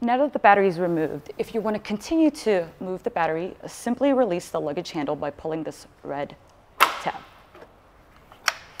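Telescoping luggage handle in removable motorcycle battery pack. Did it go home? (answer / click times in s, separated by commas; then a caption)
yes / 8.5 s, 8.8 s. Someone talks, then pulls the red tab to release the telescoping luggage handle on the removable battery pack of a Ryvid Anthem motorcycle and extends it. Sharp, loud clicks at 8.5 s and 8.8 s mark the handle locking into its extended position.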